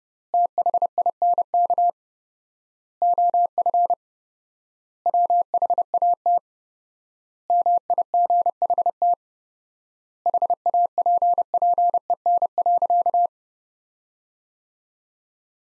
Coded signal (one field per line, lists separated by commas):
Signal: Morse code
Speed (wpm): 30 wpm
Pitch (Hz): 700 Hz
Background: none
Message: THINK OF WHAT MIGHT HAPPEN.